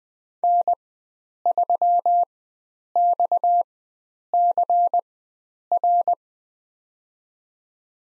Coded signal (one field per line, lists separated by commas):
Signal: Morse code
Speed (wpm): 20 wpm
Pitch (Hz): 700 Hz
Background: none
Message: N3XCR